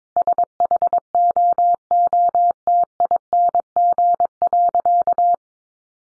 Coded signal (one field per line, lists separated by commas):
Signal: Morse code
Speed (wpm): 22 wpm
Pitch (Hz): 700 Hz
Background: none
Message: SHOOTING.